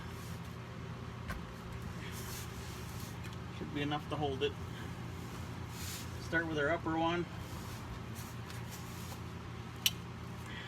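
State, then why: Seated. While reassembling the electronic power steering on a 2016 GMC Yukon Denali, the upper electrical connector is pushed into the power steering unit socket as someone talks over a steady low hum. One sharp click comes at 9.9 s, and the connector is seated.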